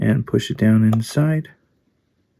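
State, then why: Not seated. A new replacement speaker driver is being pushed down into the plastic housing of an Apple AirPods Pro wireless earbud to fix crackling sound. Someone talks for about 1.5 seconds, followed by near silence. The driver has not seated or clicked into place yet.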